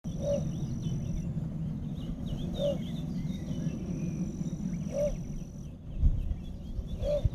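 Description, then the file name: Little bittern gives a brief, deep, gruff bark four times at regular intervals. Other birds call faintly over a constant low rumble and a high steady hum. "Tarabusino"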